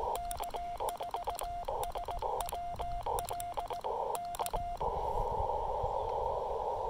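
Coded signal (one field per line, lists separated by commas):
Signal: Morse code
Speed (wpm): 18 wpm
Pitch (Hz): 700 Hz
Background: radio noise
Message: K4SWL K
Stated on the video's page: Park activation using a Yaesu FT-817ND, LDG Z-100 Plus tuner and Chameleon Emcomm III portable antenna.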